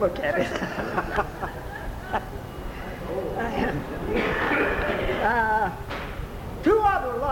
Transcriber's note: laughs